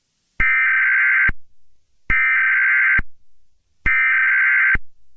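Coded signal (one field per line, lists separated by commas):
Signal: Emergency Alert System (SAME) tones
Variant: header bursts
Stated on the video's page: Fictional EAS scenario.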